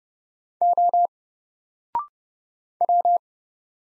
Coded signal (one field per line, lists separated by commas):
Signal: Morse code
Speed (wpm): 30 wpm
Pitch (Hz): 700 Hz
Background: none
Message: O W